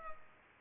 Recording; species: mosquito wingbeat signal from an infrared sensor; Culex pipiens